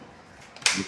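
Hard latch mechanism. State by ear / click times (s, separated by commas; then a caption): released / 0.7 s. A release is pressed on a pistol conversion kit fitted to a pistol to take it off its mount. A faint tick at 0.6 s leads into a sharp, bright latch click at 0.7 s, which rings briefly before fading. The kit is released and comes open.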